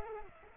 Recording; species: mosquito wingbeat signal from an infrared sensor; Culex pipiens